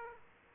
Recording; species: mosquito wingbeat signal from an infrared sensor; Aedes aegypti